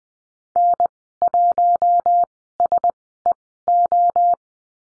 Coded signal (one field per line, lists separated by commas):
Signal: Morse code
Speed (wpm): 20 wpm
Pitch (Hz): 700 Hz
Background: none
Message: N1SEO